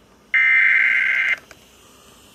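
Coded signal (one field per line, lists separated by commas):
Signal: Emergency Alert System (SAME) tones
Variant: header bursts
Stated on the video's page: Flood warning alerts received on weather radio stations WXJ84, WKWS and WVAF.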